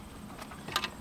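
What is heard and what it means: A new plastic quad-lock harness connector is pressed into the socket on the back of the head unit of an upgraded 8.8-inch screen install in a BMW F30/F32/F3x. A sharp click at 0.8 s, followed by a second, softer click at 0.8 s, marks the connector seating, with a tab then to be pressed down to lock it.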